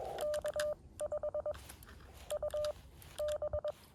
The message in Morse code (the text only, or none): K5UB